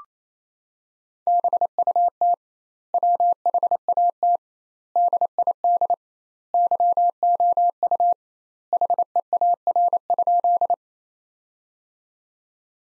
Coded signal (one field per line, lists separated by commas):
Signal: Morse code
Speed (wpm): 28 wpm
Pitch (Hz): 700 Hz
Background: none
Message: BUT WHAT DID YOU HEAR?